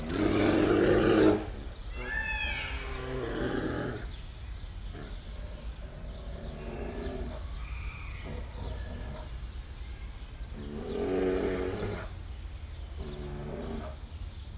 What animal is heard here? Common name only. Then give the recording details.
Brown Bear. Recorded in captivity. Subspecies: middendorffi. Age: adult. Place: Zoo Rostock, Mecklenburg-Vorpommern, DE. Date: 1973-05-22 13:00. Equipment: Uher 4200 Report Stereo, Sennheiser MD 421, Verstärker. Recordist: Tembrock, Günter